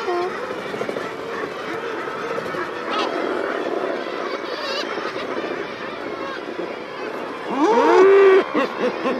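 Common murre colony din of many overlapping groaning calls, ending with one loud rising and falling harmonic cry near the end.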